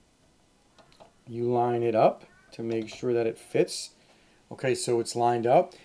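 A pre-bent 12VHPWR power cable plug is lined up with the socket on a 5070 Ti graphics card before being pushed in, and it has not clicked or seated yet. A few faint ticks of handling come at about 0.8, 0.9 and 1.0 seconds, then someone talks.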